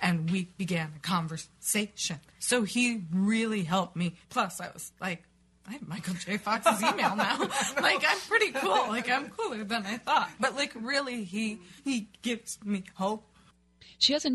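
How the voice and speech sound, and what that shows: Adult woman's strained, shaky voice with halting breaks and a repeated word: spasmodic dysphonia.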